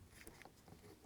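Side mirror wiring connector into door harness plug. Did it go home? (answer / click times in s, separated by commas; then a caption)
no / none. Handling of the wiring connector for a replacement side mirror on a 2007-17 Jeep Compass as it is brought to its mating plug inside the door. Two brief sharp ticks at 0.3 s and 0.4 s stand out over a low, steady rustling background. The connector has not seated or clicked in yet.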